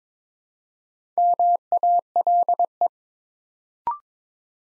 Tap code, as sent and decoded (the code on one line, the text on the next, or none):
none